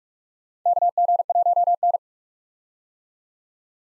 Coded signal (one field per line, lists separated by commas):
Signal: Morse code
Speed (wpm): 46 wpm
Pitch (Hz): 700 Hz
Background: none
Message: KG1N